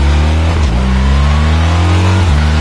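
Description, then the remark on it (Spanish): A BMW R1300 GS motorcycle engine at Autogermana in Fontanar roars loudly and steadily, a deep throbbing drone whose pitch dips briefly twice as the throttle shifts, with no voices over it. “Es el R1300 GS. Es un rugido poderosísimo.”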